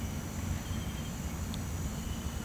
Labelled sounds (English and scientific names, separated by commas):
none